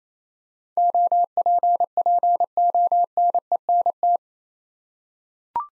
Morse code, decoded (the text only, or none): OPPONENT